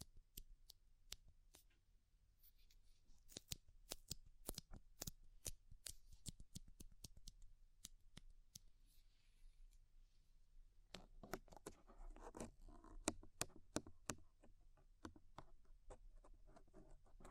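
Ear cleaning with rhinestone and clay removal: sharp, crisp clicks and snips come in irregular bursts, sometimes several per second. A low steady rumble runs underneath, and around the eleventh second the sound grows busier, with denser scratching and crackling between the clicks.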